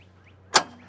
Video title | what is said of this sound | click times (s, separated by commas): etrailer - Does it Fit? Testing the Thule T2 Pro XTR Bike Rack for 4 Bikes on a 2022 Ford Maverick | that handle will click in locked in and you're ready to go | 0.6 s